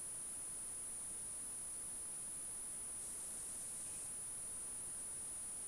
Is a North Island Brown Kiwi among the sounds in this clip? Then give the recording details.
no. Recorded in New Zealand on 14 February 2012. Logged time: 02:13. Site DH65